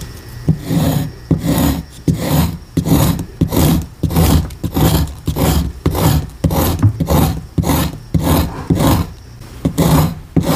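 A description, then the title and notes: A block of gym chalk is carved and crushed in rhythmic scraping strokes, roughly twice per second, each gritty rasp bright and crumbly. Relaxing ASMR gym chalk bomb carving and crush with MARBLERS pigment and Gholibn glitter.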